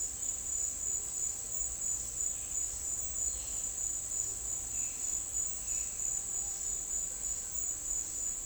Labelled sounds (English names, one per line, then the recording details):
none
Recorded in dense forest near Puerto Asís, Putumayo, Colombia, on 9 March 2025 at 11:00
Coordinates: 0.499, -76.324
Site GP03